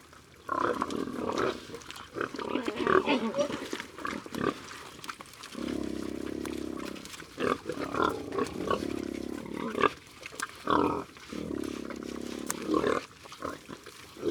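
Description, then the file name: Pigs squealing in long, steady bursts after a more broken opening stretch, with clattering noises between the calls. Pigs at feeding time, Silhac, Ardèche. "Le-repas-des-cochons-Silhac-Ambiances-Sonores-d Ardeche-Studio-Les-Trois-Becs"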